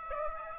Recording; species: mosquito wingbeat signal from an infrared sensor; Aedes aegypti